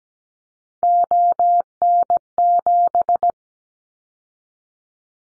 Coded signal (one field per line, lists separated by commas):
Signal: Morse code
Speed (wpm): 17 wpm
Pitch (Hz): 700 Hz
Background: none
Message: ON7